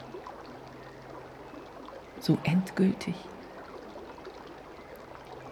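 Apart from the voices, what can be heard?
flowing river water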